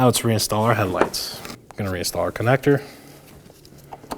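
A headlight wiring connector on a 2018-2024 Chevrolet Equinox 1.5L L4 is picked up and lined up with the headlight assembly socket before being slid on. Someone talks for most of the clip, followed by quiet handling sounds with small taps near 3.6 and 3.9 seconds. The connector has not seated or clicked yet.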